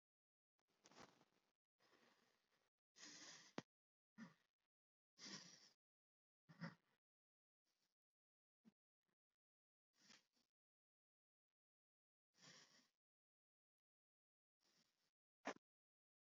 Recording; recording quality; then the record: shallow breathing; excellent, no background noise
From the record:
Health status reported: healthy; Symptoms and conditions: cough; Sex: male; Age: 52 years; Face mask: not worn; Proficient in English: yes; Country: India